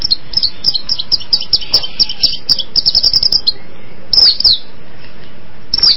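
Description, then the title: Long-tailed shrike song: a fast, dense chatter of high chirps and trills, then a pause before a few scratchy notes near the end. Combination song style. "Cendet Kombinasi"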